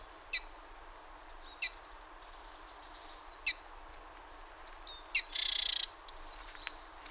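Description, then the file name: Great tit calls, sharp high downslurred notes in pairs about every one and a half seconds, then a short buzzy churring rattle near the end. "Parus major"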